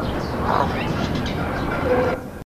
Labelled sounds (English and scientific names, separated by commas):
Emerald Toucanet (Aulacorhynchus prasinus) call